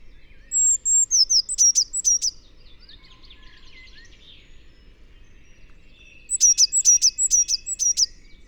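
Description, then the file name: Eurasian blue tit repeating a fast series of high, thin notes, then after a quieter stretch with faint calls, a second rapid burst. "Cyanistes caeruleus"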